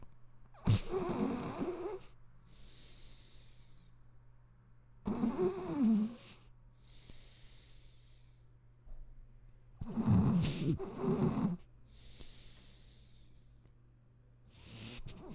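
An adult snoring in sleep: three loud, low-pitched, rattling snores on inhalation, about every five seconds, each followed by a quieter, breathy exhalation.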